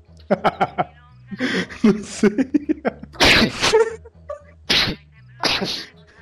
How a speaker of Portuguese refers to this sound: Alguém tá espirrando. Eu tava.